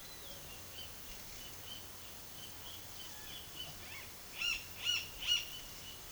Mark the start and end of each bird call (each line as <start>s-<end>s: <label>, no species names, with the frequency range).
0.05s-4.08s: bird call (1.0-4.1 kHz)
4.41s-5.44s: bird call (0.6-7.6 kHz)